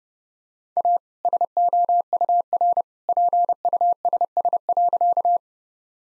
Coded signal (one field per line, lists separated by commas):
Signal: Morse code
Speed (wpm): 30 wpm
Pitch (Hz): 700 Hz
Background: none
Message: A SOUR PUSS.